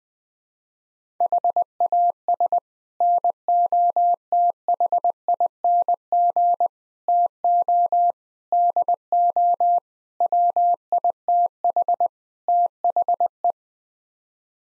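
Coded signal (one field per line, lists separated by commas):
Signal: Morse code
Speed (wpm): 21 wpm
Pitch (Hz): 700 Hz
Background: none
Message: HAS NOTHING TO DO WITH THE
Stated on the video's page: Head-copy practice: sets of six-word n-grams sent in Morse at 20 wpm.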